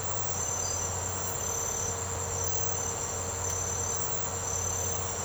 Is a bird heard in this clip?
no